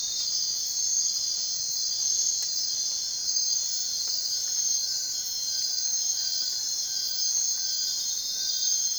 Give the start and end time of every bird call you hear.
[2.11, 8.99] bird call

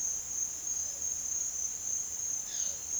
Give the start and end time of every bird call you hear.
[2.44, 2.76] bird call

